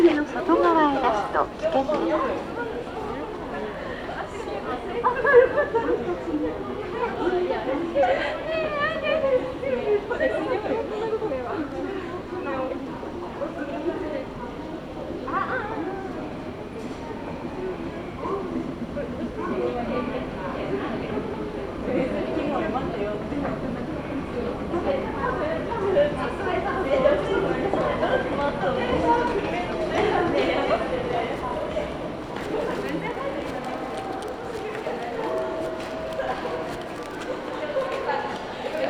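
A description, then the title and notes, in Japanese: A ride on a Kyudai Main Line train from Tanushimaru toward Kurume, where it pulls into platform 2. Voices talk almost without pause over a steady low rumble that keeps an even level, with a few brief louder knocks, one near five seconds. 久大本線 田主丸→久留米。田主丸から久留米まではずっと久留米市内を走ります。終点の久留米駅は久大本線用の切り欠きされた2番線に到着します。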